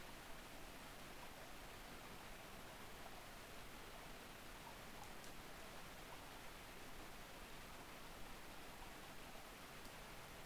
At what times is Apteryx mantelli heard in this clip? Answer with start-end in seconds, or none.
none